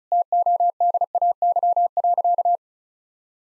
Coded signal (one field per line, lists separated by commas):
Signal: Morse code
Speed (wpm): 34 wpm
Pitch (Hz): 700 Hz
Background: none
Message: TODAY.